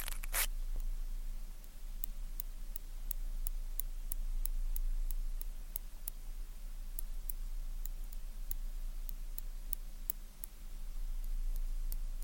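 Ear cleaning with tweezers: a short hissing burst at the start, then light, sharp clicks tapping every half second or so over a steady low hum.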